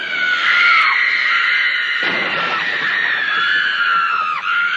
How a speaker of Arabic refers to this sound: هذا أبو استيقظ من نومه فزعا خائفا على صراخ في بيته، فمن كان الصارخ المستغيث؟ لقد كانت بنيته الصغيرة.